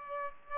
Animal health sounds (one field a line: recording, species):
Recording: mosquito wingbeat signal from an infrared sensor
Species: Aedes aegypti